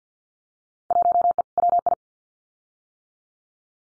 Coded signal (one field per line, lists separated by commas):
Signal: Morse code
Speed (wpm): 50 wpm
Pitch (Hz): 700 Hz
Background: none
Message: 1E WI